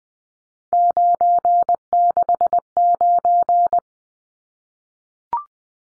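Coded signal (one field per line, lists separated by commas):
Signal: Morse code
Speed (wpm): 20 wpm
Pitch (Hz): 700 Hz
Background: none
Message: 969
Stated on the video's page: Three-digit numbers in Morse at 20 wpm, each sent twice for head-copy practice.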